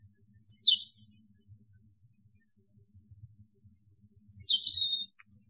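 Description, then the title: European goldfinch: a single sharp descending chirp, then after a long silence a fuller, liquid twittered phrase. "Chant Chardonneret"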